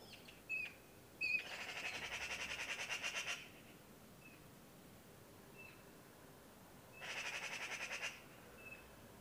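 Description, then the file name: Eurasian magpie harsh rattling chatter, a fast burst of about two seconds, then a second shorter burst later, with a few short sharp single notes in between. "Pica pica"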